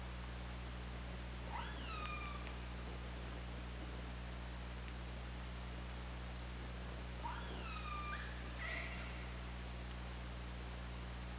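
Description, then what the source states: Killer whale calls, two groups of faint harmonic calls several seconds apart, over hum and hiss. Recorded on the OrcaLab hydrophone, 24 August 2017 at 21:38:47.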